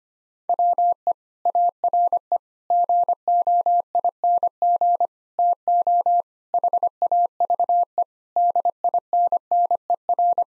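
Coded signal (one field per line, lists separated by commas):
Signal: Morse code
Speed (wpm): 25 wpm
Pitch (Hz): 700 Hz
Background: none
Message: WE ARE GOING TO HAVE DINNER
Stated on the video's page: 25 wpm Morse practice of sentences built from common three-word phrases, for head copy.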